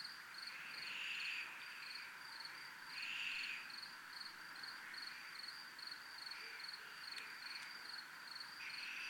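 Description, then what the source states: Crickets chirping in an even, high pulsed trill, while a few louder swelling calls break in every couple of seconds underneath. Recorded in a military zone (zona militar).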